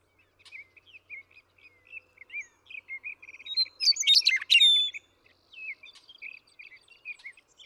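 Western meadowlark song: a loud, complex burst of tumbling whistled notes midway, set among many soft, short chirps before and after.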